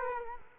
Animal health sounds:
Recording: mosquito wingbeat signal from an infrared sensor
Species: Culex quinquefasciatus

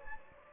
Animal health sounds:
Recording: mosquito wingbeat signal from an infrared sensor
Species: Anopheles gambiae

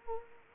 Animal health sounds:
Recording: mosquito wingbeat signal from an infrared sensor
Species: Anopheles arabiensis

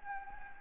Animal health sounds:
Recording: mosquito wingbeat signal from an infrared sensor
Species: Anopheles gambiae

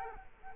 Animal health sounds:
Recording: mosquito wingbeat signal from an infrared sensor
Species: Culex quinquefasciatus

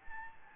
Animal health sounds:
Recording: mosquito wingbeat signal from an infrared sensor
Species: Anopheles gambiae

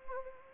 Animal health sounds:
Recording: mosquito wingbeat signal from an infrared sensor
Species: Anopheles gambiae

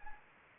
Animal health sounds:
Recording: mosquito wingbeat signal from an infrared sensor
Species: Anopheles gambiae

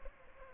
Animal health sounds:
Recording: mosquito wingbeat signal from an infrared sensor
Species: Culex pipiens

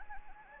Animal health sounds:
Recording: mosquito wingbeat signal from an infrared sensor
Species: Anopheles gambiae

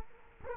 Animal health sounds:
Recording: mosquito wingbeat signal from an infrared sensor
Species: Culex quinquefasciatus

